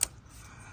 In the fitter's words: there you go and once it's in you lock it